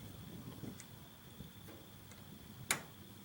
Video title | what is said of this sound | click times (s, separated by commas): Bull Ring Tie Down Anchor Install - Pretty Easy Installation | know if you can hear that that tells me it's seated properly | 2.7 s